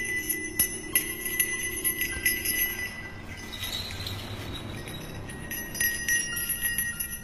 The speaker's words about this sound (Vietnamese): Cô Thao nhanh thoăn thoắt lắc cái chuông thêm một lần nữa